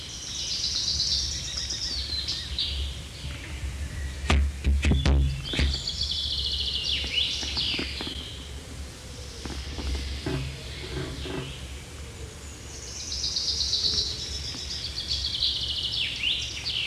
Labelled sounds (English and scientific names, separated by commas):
Common Chaffinch (Fringilla coelebs) song